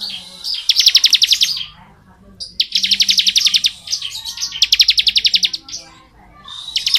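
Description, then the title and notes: Bar-winged prinia song: three bursts of rapid, buzzy, evenly pulsed high trills, each about a second long, separated by short pauses, and the start of another. Bar-winged prinia singing in the 'ngebren' style; recording used as training (masteran) audio for white-rumped shamas (murai batu). "Ciblek Ngebren Untuk Masteran Murai Batu. Suara burung ciblek - Suara Nada"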